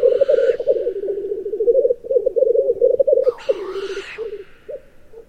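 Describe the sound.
Black grouse, loud rapid bubbling cooing that trails off into short burbles, with two harsh hissing bursts.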